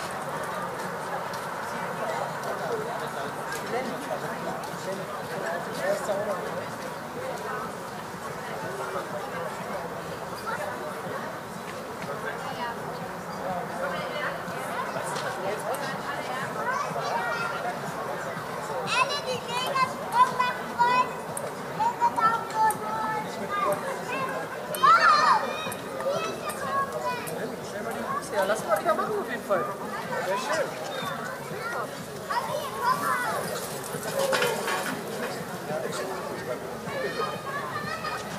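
Children at a playground chatter and call out over a steady murmur of voices, with brief louder shouts and bursts around 20 and 25 seconds.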